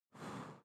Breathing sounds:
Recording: one breath near a microphone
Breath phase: exhalation

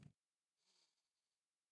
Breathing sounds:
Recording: one breath near a microphone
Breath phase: inhalation

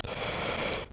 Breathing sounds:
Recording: one breath near a microphone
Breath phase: inhalation

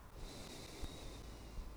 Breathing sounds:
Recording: one breath near a microphone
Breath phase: exhalation

